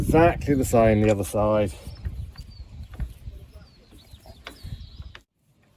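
Someone talks briefly, then a side friction pad is handled at the second side of a caravan hitch stabiliser head, ready to be pushed in from the inside. Faint handling noise and a few short knocks follow, with sharper ones near 4.5 and 5.2 seconds, before the clip falls silent. Nothing has clicked or seated yet.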